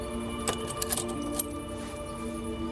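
A ring of keys hanging on a post jangles in a few quick metallic clinks as one key is worked free and taken off, then the sound settles into a quiet steady hum.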